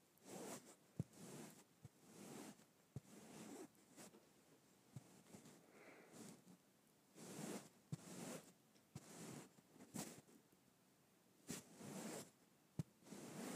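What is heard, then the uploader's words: Fabric is stroked in soft, swelling brushes, each rising and fading over about a second, with a few longer sweeps near the middle and end. Sharp, brief clicks or snaps land roughly once a second throughout, over a faint, steady hiss. Fabric Stroking.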